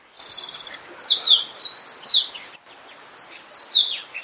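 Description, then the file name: Indigo flycatcher song: bright, high warbled phrases with falling slurs, two bursts separated by a short gap. "sikataninon omkicau"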